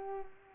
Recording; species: mosquito wingbeat signal from an infrared sensor; Culex pipiens